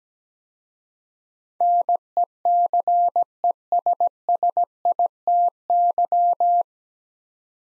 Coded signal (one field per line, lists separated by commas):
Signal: Morse code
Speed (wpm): 17 wpm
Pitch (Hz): 700 Hz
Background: none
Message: NECESSITY